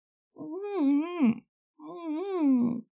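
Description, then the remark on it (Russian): Two drawn-out, muffled moans from hurt captives in pain, each about a second long, with a wavering mid-pitched voice rising and sagging in a pained tone, separated by a short silence. No words are spoken. “Опять услышали мы с Аргоном мычание. «Послушай, им больно.”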